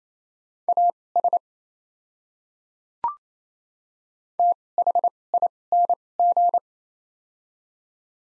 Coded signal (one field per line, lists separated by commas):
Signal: Morse code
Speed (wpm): 28 wpm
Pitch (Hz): 700 Hz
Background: none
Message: AS THING